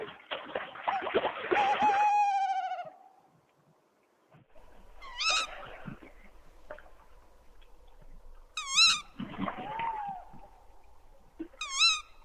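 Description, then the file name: Tawny owl calls: a wavering hoot, then a few sharp, high shrieks spaced a few seconds apart and another hoot, with some rushing noise. "chouette hulotte"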